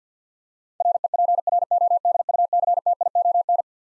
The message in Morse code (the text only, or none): REPRODUCTION